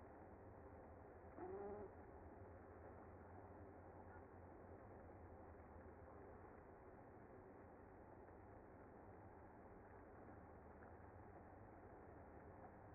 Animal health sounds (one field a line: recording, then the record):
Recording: honeybee colony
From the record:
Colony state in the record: active